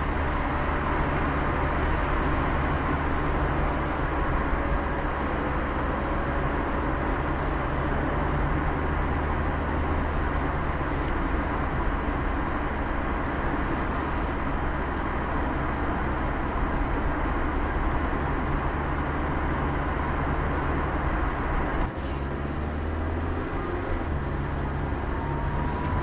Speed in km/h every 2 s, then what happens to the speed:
53, 55, 55, 56, 57, 56, 56, 55, 56, 58, 59, 62, 63.
0-14 steady at about 55. 14-26 speeds up to 63.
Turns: none.